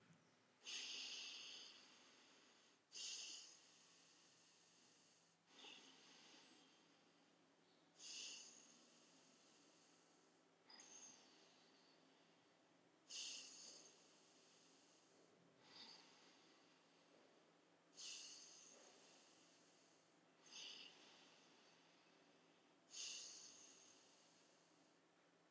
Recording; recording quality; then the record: deep breathing; excellent, no background noise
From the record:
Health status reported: healthy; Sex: male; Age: 22 years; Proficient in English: yes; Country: India